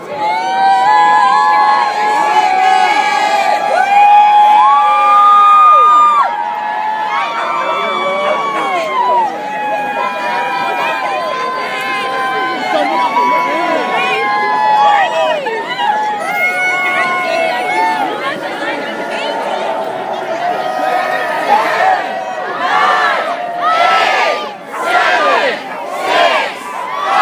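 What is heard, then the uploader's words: A dense crowd at Alamo Square on New Year's Eve, many voices overlapping in steady chatter and shouts, with louder bursts near the end. Sounds of SF NYE at Alamo Square by jimcolgan.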